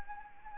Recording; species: mosquito wingbeat signal from an infrared sensor; Anopheles arabiensis